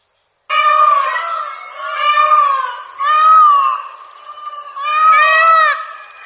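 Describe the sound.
Indian peafowl uttering four long, loud, strained harmonic wails in a row, each drawn out about a second, in an otherwise quiet setting.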